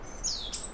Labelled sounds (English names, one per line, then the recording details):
Stitchbird song
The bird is a male
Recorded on Tiritiri Matangi Island, New Zealand, in 2005
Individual 1, of nest box 1